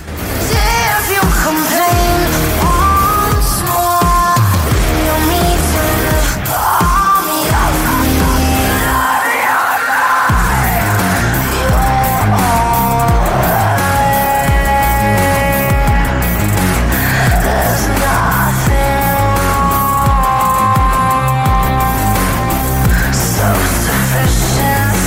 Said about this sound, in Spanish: de estrenar su octavo álbum de estudio titulado …, del cual estamos escuchando el que fue el primer sencillo